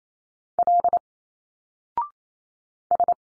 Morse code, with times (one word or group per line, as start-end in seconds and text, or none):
0.6-1.0 L
2.9-3.1 S